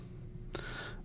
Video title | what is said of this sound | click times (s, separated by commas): PurdueAV2003 Review 52 - MP-12 Masterpiece Lambor (Sideswipe) | it is very very tight but it goes in a little bit before it really clicks into place | 0.5 s